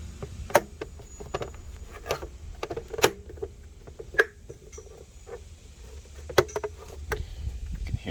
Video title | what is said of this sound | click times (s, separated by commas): landcruiser fzj80 oil pressure gauge fix | are the clips you take off but you push these in you can hear it | 0.6 s, 3.0 s, 4.2 s, 6.4 s